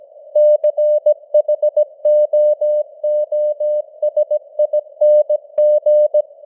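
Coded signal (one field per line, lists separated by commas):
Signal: Morse code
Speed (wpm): 17 wpm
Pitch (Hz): 600 Hz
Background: none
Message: CHOOSING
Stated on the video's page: News headlines in Morse at 17 wpm with simulated radio noise and varying signal strength (QSB).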